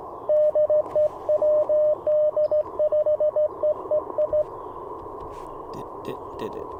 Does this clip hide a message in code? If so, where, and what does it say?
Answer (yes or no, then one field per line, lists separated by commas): yes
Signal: Morse code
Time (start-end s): 0.3-4.4 s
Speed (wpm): 20 wpm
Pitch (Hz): 600 Hz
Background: radio noise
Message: DE WD5EEI